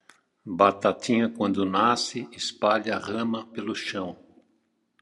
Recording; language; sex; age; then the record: short text; Brazilian Portuguese; male; 70 to 79 years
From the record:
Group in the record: control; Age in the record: 74 years